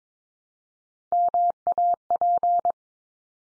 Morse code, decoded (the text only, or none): MAP